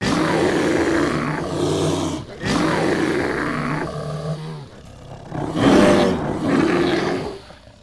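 Bear roar, deep rasping growls with a strong low tone, sustained for several seconds, broken by short pauses, then a louder harsh burst near the end.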